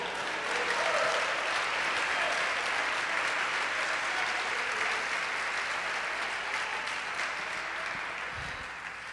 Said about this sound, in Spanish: ¿Cuántos atreven a dar un fuerte aplauso al Señor?